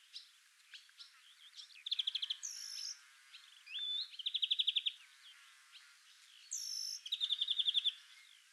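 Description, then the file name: European greenfinch calls: three rapid trilled rattles of evenly spaced notes, mixed with twittering. "Chloris chloris"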